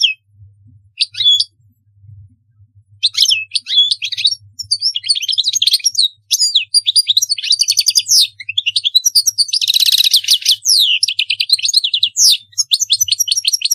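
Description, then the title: European goldfinch song, opening with a few sparse notes, then a dense run of twittering, tinkling phrases and a harsh buzzy burst midway. "Chant Chardonneret"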